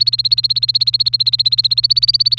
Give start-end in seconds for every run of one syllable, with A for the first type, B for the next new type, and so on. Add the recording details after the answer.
0.00-2.38 A. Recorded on 1 May 2018 at 07:33. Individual llb3